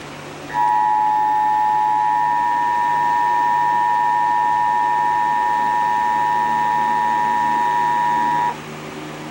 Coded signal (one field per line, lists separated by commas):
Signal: Emergency Alert System (SAME) tones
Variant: 853 and 960 Hz attention tone